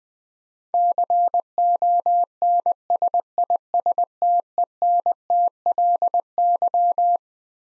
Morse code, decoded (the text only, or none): CONSISTENTLY